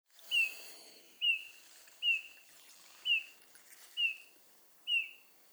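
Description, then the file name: Eurasian bullfinch calling with soft, slightly descending piped whistles, repeated about once a second in a steady series, six calls over faint background hiss. "Pyrrhula pyrrhula"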